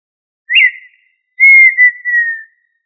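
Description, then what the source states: Quail call of one clear short whistle, then after a brief gap a long, steady, gently descending whistled note, with no other sounds. Listed under the family Tinamidae; given the local name puyuh.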